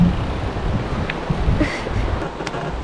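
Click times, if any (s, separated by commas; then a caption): 2.5 s. Wind and outdoor noise roll through as a rider, after stopping, clips her cycling shoe cleat back into a clipless bicycle pedal. A faint tap comes at 1.1 s, then a sharp short click at 2.5 s as the cleat seats, and the shoe is clipped in.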